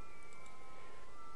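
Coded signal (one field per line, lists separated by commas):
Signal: JT65, JT9 or WSPR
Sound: several soft pure tones held together, occasionally stepping pitch, chime-like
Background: radio static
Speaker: I'm going to let you hear that in a minute I'll turn up the volume and let you hear it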